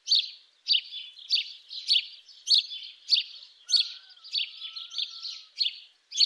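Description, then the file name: House sparrow chirping insistently, coarse tweets coming about every half second with brief gaps, a faint thin whistle briefly underneath midway. "Domovyj vorobej Passer domesticus"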